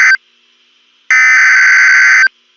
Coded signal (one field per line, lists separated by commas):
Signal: Emergency Alert System (SAME) tones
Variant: header bursts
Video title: TMYK and Dixdos EAS Scenario Orange Night II